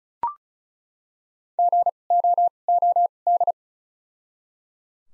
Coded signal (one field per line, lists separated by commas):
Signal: Morse code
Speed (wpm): 34 wpm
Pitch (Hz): 700 Hz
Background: none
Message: G O O D